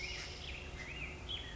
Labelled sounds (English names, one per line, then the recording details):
Black-headed Grosbeak
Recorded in Sonoma County, California